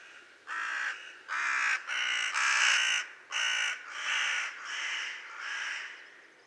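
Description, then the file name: Carrion crow calling with a run of eight rasping caws, the later ones a little softer. "Corvus corone"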